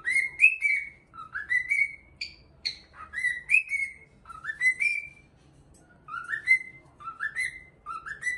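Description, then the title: Cockatiel whistled song: short rising and sliding notes, repeated in bursts with brief pauses, bright tones with overtones, over a faint low background hum. Hour-long song intended for training a cockatiel. "Canto De 1 Hora Para Treinar Calopsita"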